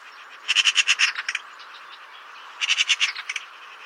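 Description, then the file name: Eurasian magpie giving two short bursts of harsh, rattling chatter, each a quick series of several dry, scratchy notes. "Pica pica"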